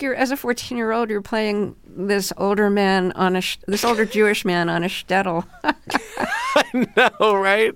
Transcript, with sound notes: Like you're - as a 14-year-old, you're playing this older man on a - this older Jewish man on a shtetl.
(LAUGHTER) I know, right?